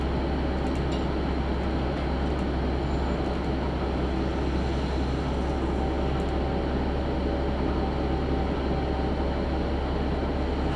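A train on the Tenryu Hamanako Railway runs between Kanasashi and Tenryu-Futamata, its engine and wheels making a steady, dense low rumble with a constant deep hum throughout. Faint brief clicks and squeaks surface now and then, especially early on.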